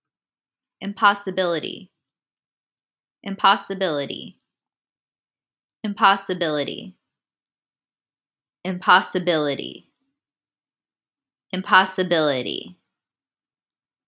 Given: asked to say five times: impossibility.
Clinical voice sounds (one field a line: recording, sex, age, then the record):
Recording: repeated word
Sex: female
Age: 30 to 39 years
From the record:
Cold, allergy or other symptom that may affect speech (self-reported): no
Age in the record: 32 years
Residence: New York, United States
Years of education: 17